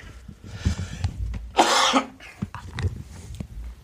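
A single short, forceful voluntary cough from an adult, a burst of about half a second, stands out against low room noise and faint background sounds. No wheeze or rattle follows it.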